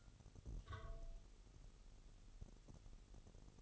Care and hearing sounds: daily activity, microphone in the room; take from stove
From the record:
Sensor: 4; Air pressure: 989.1 hPa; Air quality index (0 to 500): 210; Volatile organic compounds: 58 ppm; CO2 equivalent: 3400 ppm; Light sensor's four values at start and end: 29/99/37/38 and 29/99/37/38

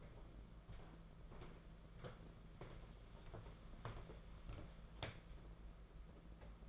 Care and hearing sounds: daily activity, microphone in the room; walk to room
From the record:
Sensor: 5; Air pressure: 992.2 hPa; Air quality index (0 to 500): 212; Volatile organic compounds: 1000 ppm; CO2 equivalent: 6165 ppm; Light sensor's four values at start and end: 7/17/6/7 and 6/16/6/7

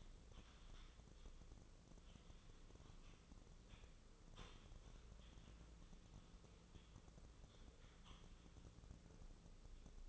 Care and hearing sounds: daily activity, microphone in the room; typing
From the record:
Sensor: 4

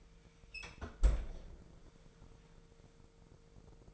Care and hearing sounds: daily activity, microphone in the room; close fridge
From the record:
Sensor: 5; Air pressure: 1015.0 hPa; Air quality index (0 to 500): 176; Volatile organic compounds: 6 ppm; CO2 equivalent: 1937 ppm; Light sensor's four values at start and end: 58/135/56/60 and 54/124/52/55

